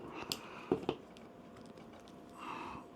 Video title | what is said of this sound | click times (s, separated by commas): GI Joe Classified Iron Grenadier B.A.T. Review - Ultimate Destro Army Builder! | Why wouldn't you snap? | none